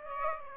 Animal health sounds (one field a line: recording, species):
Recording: mosquito wingbeat signal from an infrared sensor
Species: Aedes aegypti